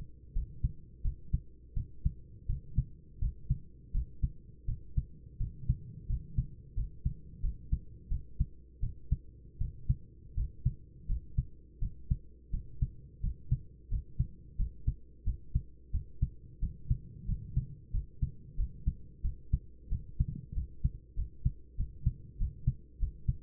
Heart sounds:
heart sounds by stethoscope; 87 bpm
0.34 s: heartbeat
1.03 s: heartbeat
1.75 s: heartbeat
2.47 s: heartbeat
3.20 s: heartbeat
3.92 s: heartbeat
4.66 s: heartbeat
5.38 s: heartbeat
6.08 s: heartbeat
6.75 s: heartbeat
7.41 s: heartbeat
8.09 s: heartbeat
8.81 s: heartbeat
9.59 s: heartbeat
10.35 s: heartbeat
11.07 s: heartbeat
11.80 s: heartbeat
12.51 s: heartbeat
13.21 s: heartbeat
13.89 s: heartbeat
14.57 s: heartbeat
15.24 s: heartbeat
15.92 s: heartbeat
16.60 s: heartbeat
17.26 s: heartbeat
17.92 s: heartbeat
18.56 s: heartbeat
19.22 s: heartbeat
19.89 s: heartbeat
20.54 s: heartbeat
21.16 s: heartbeat
21.77 s: heartbeat
22.38 s: heartbeat
22.99 s: heartbeat
From the record:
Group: healthy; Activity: cold pressor test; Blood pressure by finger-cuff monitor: 127/70 mmHg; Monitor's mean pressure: 86 mmHg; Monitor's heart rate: 87 bpm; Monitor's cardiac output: 8.9 L/min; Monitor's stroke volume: 103 mL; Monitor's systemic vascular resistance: 700 dyn s/cm5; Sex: male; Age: 24 years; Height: 184 cm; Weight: 89 kg

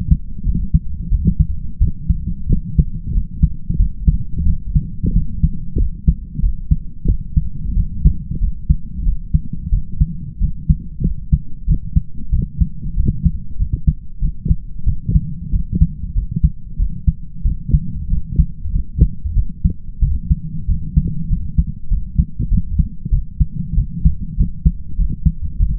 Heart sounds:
heart sounds by stethoscope; 93 bpm
0.44 s: heartbeat
1.10 s: heartbeat
1.79 s: heartbeat
2.48 s: heartbeat
3.13 s: heartbeat
3.77 s: heartbeat
4.45 s: heartbeat
5.13 s: heartbeat
5.77 s: heartbeat
6.41 s: heartbeat
7.06 s: heartbeat
7.75 s: heartbeat
8.39 s: heartbeat
9.04 s: heartbeat
9.70 s: heartbeat
10.39 s: heartbeat
11.02 s: heartbeat
11.66 s: heartbeat
12.31 s: heartbeat
12.95 s: heartbeat
13.57 s: heartbeat
14.20 s: heartbeat
14.85 s: heartbeat
15.51 s: heartbeat
16.14 s: heartbeat
16.77 s: heartbeat
17.43 s: heartbeat
18.09 s: heartbeat
18.71 s: heartbeat
19.34 s: heartbeat
20.00 s: heartbeat
20.67 s: heartbeat
21.28 s: heartbeat
21.89 s: heartbeat
22.49 s: heartbeat
23.10 s: heartbeat
23.75 s: heartbeat
24.36 s: heartbeat
24.96 s: heartbeat
25.58 s: heartbeat
From the record:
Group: healthy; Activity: light exercise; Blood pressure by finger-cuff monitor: 109/60 mmHg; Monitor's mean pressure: 73 mmHg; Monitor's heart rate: 93 bpm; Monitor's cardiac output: 7 L/min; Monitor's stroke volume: 76 mL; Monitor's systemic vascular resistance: 750 dyn s/cm5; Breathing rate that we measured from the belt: 22 breaths a minute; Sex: male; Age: 20 years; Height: 167 cm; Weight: 61 kg

